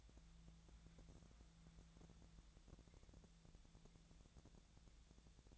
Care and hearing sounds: daily activity, microphone in the room; wipe stove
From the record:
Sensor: 3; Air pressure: 1000.6 hPa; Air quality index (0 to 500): 181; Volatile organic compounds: 4 ppm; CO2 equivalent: 1572 ppm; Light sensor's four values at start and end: 12/29/12/13 and 12/29/12/13

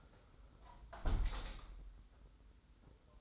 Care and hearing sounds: daily activity, microphone in the room; close window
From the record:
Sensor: 3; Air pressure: 991.3 hPa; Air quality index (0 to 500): 113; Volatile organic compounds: 65 ppm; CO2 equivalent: 3467 ppm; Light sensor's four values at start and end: 48/131/54/47 and 47/129/53/46

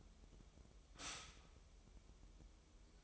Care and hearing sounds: daily activity, microphone in the room; stop toaster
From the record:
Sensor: 1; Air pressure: 988.6 hPa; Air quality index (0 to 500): 196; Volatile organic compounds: 934 ppm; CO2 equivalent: 5233 ppm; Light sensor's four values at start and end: 25/94/35/37 and 25/94/35/37

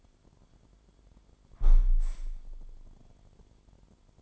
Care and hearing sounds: daily activity, microphone in the room; close window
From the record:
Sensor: 5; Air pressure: 998.6 hPa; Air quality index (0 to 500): 103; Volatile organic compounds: 2 ppm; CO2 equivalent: 1187 ppm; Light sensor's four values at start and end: 37/91/37/43 and 37/90/37/42

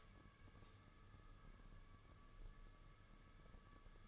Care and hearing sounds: daily activity, microphone in the room; light on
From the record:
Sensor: 4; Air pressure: 995.3 hPa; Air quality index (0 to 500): 212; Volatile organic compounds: 233 ppm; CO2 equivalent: 4314 ppm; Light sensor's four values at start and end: 9/21/8/10 and 9/21/8/10

